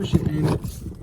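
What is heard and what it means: A plastic mains hookup plug is pushed into the external inlet socket on a caravan while someone talks. Only faint, short hits are heard near the end, and nothing has seated or clicked yet.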